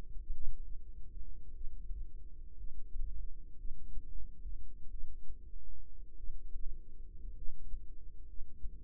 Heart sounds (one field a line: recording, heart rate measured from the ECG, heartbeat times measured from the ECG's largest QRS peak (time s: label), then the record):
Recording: heart sounds by microphone in the right ear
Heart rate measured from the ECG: 53 bpm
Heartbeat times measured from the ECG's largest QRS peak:
0.32 s: heartbeat
1.52 s: heartbeat
2.55 s: heartbeat
3.56 s: heartbeat
4.89 s: heartbeat
6.15 s: heartbeat
7.34 s: heartbeat
8.25 s: heartbeat
From the record:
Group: healthy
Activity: rest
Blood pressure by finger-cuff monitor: 102/65 mmHg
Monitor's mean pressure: 75 mmHg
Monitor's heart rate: 50 bpm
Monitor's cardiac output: 4.4 L/min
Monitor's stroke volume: 83 mL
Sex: female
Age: 36 years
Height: 163 cm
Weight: 88 kg